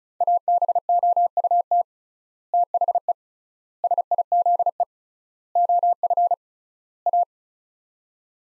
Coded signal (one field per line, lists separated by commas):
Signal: Morse code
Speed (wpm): 34 wpm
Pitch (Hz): 700 Hz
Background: none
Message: ABOUT THE SIZE OF A